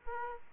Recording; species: mosquito wingbeat signal from an infrared sensor; Aedes aegypti